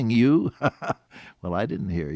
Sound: chuckle

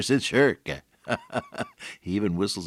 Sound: laughter

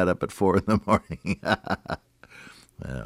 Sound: laughs

